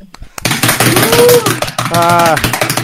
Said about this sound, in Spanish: ¡Aplausos!